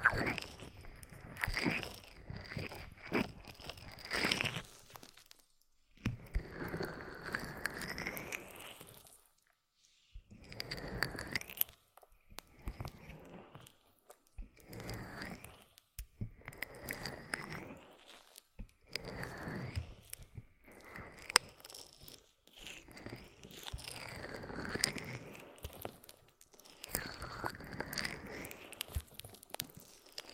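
Aloe being rubbed and squished against the ear, with wet, crunchy squelches that come in bursts of about one to three seconds, separated by short silences. Each burst has a bright, sticky crackle over a soft low rumble, and the pattern repeats fairly regularly throughout.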